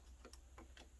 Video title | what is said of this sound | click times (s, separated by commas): baby lock Machines - Gloria Combination Machine | which then just slides on and clips into place. | 0.3 s